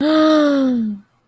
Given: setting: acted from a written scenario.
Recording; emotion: vocal sound without words; awe